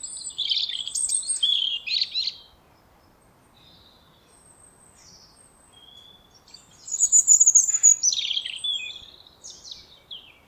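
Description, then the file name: European robin high, sweet warbling phrases with thin whistles and trills, delivered in two bursts separated by a quiet pause of several seconds. "Erithacus rubecula"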